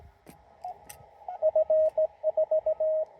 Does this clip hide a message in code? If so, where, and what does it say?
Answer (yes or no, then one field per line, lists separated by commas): yes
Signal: Morse code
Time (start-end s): 1.4-3.0 s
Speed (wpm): 17 wpm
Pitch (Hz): 630 Hz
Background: radio noise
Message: F4